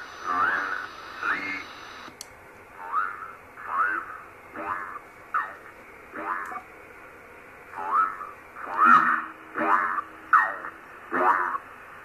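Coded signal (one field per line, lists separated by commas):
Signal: numbers station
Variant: E06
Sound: a voice reading short words about once a second, roughly eleven in all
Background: radio static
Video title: E06 Russian numbers station on 7844 kHz AM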